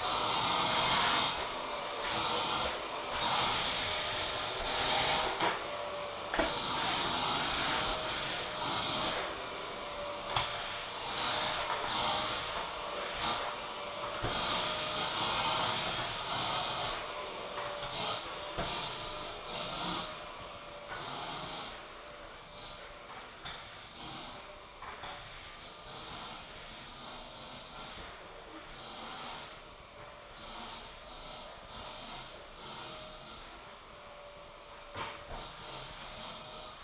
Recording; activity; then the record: daily activity, microphone in the room; vacuum cleaning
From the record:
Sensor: 5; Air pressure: 1009.7 hPa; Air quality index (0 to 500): 167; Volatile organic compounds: 4 ppm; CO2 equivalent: 1619 ppm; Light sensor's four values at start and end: 105/271/112/120 and 108/285/117/125